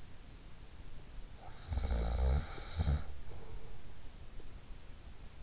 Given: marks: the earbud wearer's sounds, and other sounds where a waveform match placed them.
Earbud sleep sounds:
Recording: sounds in sleep by an in-ear microphone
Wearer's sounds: snoring breath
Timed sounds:
1.32-4.33 s: snoring breath

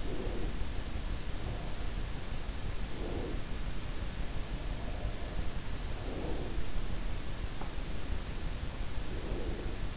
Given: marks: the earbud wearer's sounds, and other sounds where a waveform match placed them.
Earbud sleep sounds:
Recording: sounds in sleep by an in-ear microphone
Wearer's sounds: breath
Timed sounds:
0.00-0.51 s: breath
2.84-3.48 s: breath
5.97-6.55 s: breath
9.04-9.72 s: breath

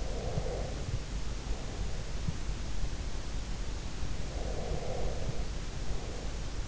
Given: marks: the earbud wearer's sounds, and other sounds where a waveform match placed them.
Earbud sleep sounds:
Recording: sounds in sleep by an in-ear microphone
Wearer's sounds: breath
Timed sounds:
0.00-2.20 s: breath
4.28-6.59 s: breath

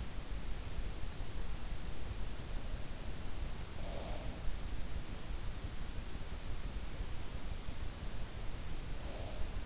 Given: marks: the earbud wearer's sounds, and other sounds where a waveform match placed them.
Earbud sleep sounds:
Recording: sounds in sleep by an in-ear microphone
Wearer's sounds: breath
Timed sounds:
3.79-4.51 s: breath
8.97-9.66 s: breath

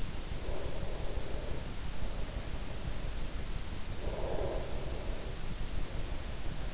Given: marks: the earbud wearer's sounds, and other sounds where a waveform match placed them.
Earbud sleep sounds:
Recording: sounds in sleep by an in-ear microphone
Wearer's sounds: breath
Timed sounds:
0.11-2.45 s: breath
3.42-6.17 s: breath

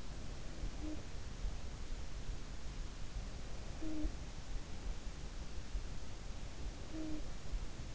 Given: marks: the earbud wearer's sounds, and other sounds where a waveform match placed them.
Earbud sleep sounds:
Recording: sounds in sleep by an in-ear microphone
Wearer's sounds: talking in sleep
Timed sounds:
0.00-1.82 s: talking in sleep
2.88-5.00 s: talking in sleep
6.34-7.78 s: talking in sleep

